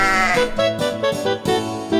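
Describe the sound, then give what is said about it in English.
A sheep bleats in a quick run of wavering, nasal baas that rise and fall in pitch, coming in a steady rhythm, fairly loud, with no talking. “Let's meet Baba Black Sheep.”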